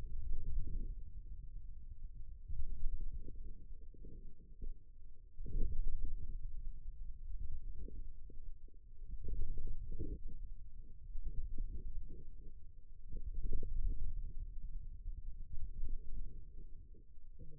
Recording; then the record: forearm muscle sounds (acoustic myography)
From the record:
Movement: ulnar deviation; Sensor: system 2, bracelet of six BSWA MPA416 microphones around the upper forearm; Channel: 3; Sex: male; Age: 22 years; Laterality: right